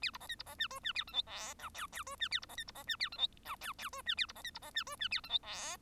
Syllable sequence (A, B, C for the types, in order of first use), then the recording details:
A B C D B C E F E A G H I J K K F E A B C D B C E A G H J K K F E A B C D B C E F E A G H I. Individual Bird1